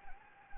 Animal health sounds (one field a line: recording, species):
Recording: mosquito wingbeat signal from an infrared sensor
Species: Anopheles gambiae